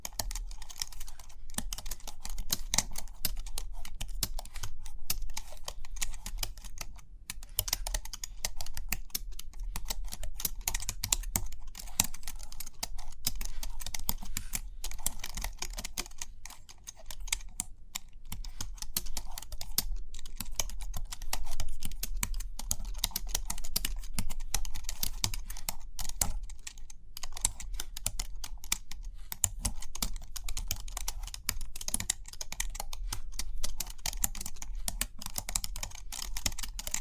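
Tapping goes on almost without pause, a dense, fast patter of small sharp clicks much like typing on a keyboard. The pace stays fairly even throughout, easing briefly around the seventeen-second mark before picking up again. A faint low hum sits underneath.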